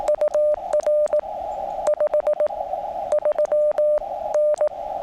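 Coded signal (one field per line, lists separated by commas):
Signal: Morse code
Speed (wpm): 18 wpm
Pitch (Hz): 600 Hz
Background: radio noise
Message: UR 53N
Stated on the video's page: QRP CW POTA activation from Great Smoky Mountains National Park using a QCX mini.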